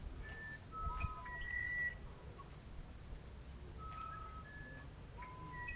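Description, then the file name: Musician wren giving pure whistled notes, level and tone-like, spaced by short pauses and varying in pitch, over a low hum. "uirapuru"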